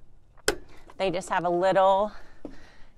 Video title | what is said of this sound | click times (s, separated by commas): Assembling Gardenary's Rolling Steel Patio Planter | I'm going to go ahead and lock the wheels. | 0.5 s